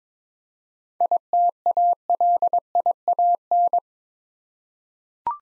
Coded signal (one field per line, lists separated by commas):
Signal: Morse code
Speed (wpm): 22 wpm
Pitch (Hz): 700 Hz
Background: none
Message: ITALIAN